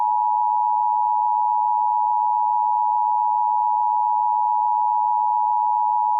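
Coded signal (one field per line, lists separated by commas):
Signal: Emergency Alert System (SAME) tones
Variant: 853 and 960 Hz attention tone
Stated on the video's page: Mock EAS alert, not a real alert.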